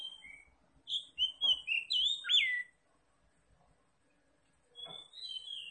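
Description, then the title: Oriental magpie-robin song, a short burst of varied whistles and slurred notes, then a pause and a softer phrase. Singing in full, energetic form (gacor); Tretes type. "Kacer Tretes"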